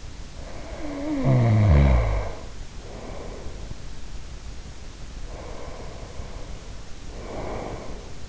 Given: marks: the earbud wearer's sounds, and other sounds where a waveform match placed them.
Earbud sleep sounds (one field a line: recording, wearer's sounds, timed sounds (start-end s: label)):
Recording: sounds in sleep by an in-ear microphone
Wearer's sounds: snoring breath, breath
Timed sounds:
0.36-3.90 s: snoring breath
5.10-8.28 s: breath